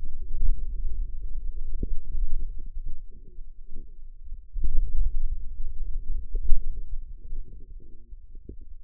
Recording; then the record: forearm muscle sounds (acoustic myography)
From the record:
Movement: hand closing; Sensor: system 2, bracelet of six BSWA MPA416 microphones around the upper forearm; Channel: 6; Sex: female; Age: 21 years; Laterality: right